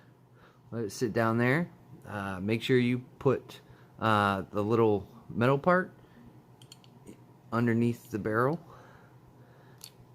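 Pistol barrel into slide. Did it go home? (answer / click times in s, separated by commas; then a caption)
yes / 9.8 s. During reassembly of an M&P Shield 45 pistol, the metal barrel is pressed down into the slide while someone talks, with a few faint ticks around 6.6 to 6.8 seconds. A single sharp snap at 9.8 seconds marks the barrel seating into the slide.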